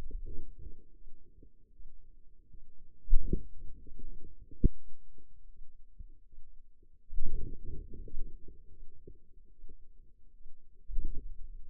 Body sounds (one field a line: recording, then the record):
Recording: forearm muscle sounds (acoustic myography)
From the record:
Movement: hand opening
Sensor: system 2, bracelet of six BSWA MPA416 microphones around the upper forearm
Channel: 1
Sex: female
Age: 23 years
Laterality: right